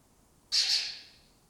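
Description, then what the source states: Lesser kestrel single harsh screech, a loud rasping burst that starts abruptly and fades over about half a second against a quiet background. Breeding colony in an abandoned building complex in Doñana, southern Europe; migratory birds that forage in West Africa.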